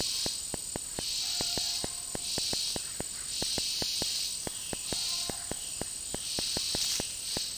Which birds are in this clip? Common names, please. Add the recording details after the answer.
none. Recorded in dense forest near Puerto Asís, Putumayo, Colombia, on 19 February 2024 at 13:00. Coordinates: 0.503, -76.322. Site G6418